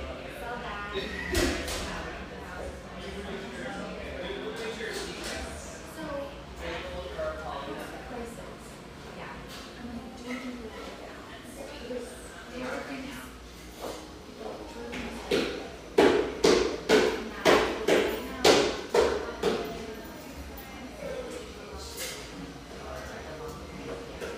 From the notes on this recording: humming café, settled near the beach just north of San Diego